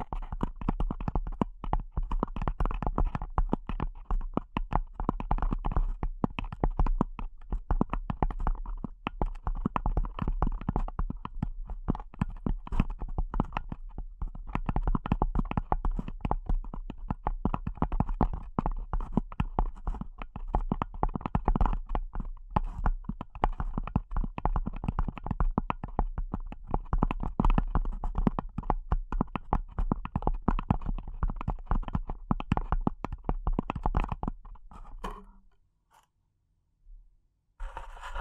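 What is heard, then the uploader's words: Delicate tapping runs in a dense, rapid, steady patter for about 35 seconds, then breaks off into near silence with a few faint taps. ASMR Delicate Tapping (No Talking).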